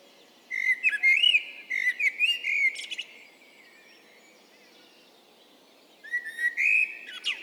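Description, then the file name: Eurasian blackbird singing a rich, fluted warble with scratchy high flourishes, then a long silence before a second phrase begins. "Turdus merula"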